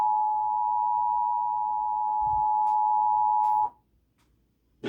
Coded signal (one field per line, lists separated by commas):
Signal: Emergency Alert System (SAME) tones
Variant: 853 and 960 Hz attention tone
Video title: EAS Test for reason